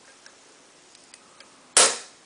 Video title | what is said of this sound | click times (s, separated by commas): Best way to HPA your M132 Microgun | you hear it pop. | 1.8 s